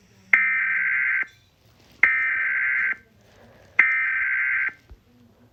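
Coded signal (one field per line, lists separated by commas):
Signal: Emergency Alert System (SAME) tones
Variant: header bursts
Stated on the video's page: Fictional EAS scenario, simulated alert.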